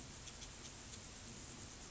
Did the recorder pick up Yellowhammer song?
no